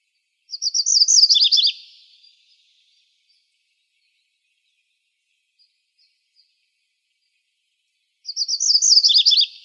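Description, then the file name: MacGillivray's warbler song given twice, with a long silence between: rapid high chips running into lower, rough closing notes. Arizona, 17 May 2006. "MGWA 3 deviche"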